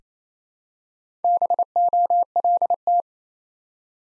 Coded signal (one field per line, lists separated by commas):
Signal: Morse code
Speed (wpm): 27 wpm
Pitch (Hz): 700 Hz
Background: none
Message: BOLT